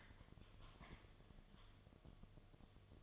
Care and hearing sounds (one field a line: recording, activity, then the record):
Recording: daily activity, microphone in the room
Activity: typing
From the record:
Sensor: 4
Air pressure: 1005.2 hPa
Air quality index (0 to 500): 182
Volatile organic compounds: 5 ppm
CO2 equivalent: 1791 ppm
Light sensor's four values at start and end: 6/12/5/4 and 6/12/5/4